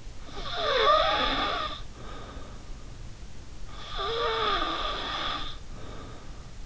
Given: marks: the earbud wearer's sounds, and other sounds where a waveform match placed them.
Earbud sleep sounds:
sounds in sleep by an in-ear microphone; snoring breath
0.16-2.66 s: snoring breath
3.70-6.61 s: snoring breath

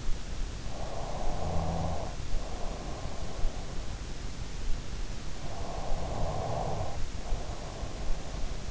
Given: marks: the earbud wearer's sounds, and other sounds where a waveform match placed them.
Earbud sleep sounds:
sounds in sleep by an in-ear microphone; snoring breath, breath
0.54-3.36 s: snoring breath
5.75-8.71 s: breath

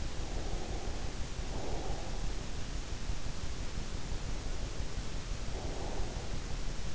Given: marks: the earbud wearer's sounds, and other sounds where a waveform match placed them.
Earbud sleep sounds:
sounds in sleep by an in-ear microphone; breath
0.33-2.59 s: breath
4.14-6.11 s: breath

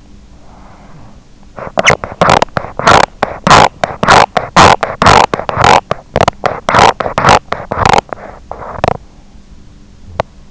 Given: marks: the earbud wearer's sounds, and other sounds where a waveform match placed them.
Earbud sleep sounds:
sounds in sleep by an in-ear microphone; breath, teeth grinding
0.00-1.20 s: breath
1.49-10.51 s: teeth grinding

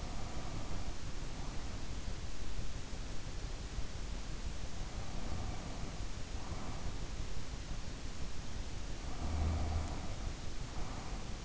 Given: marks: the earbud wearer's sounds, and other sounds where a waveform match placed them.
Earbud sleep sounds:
sounds in sleep by an in-ear microphone; breath, snoring breath
0.00-1.94 s: breath
4.84-7.01 s: snoring breath
8.95-11.45 s: breath

